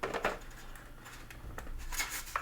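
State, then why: Not seated. A shiny plastic top plate with controller holders is handled and pressed onto the ANNAPRO CD1 charging dock assembly for Meta Quest 3, 3S and 2. Light plastic knocks and rubbing are heard, with brief taps near 0.0, 0.3 and 2.4 seconds over a quiet background. Nothing has seated or clicked yet.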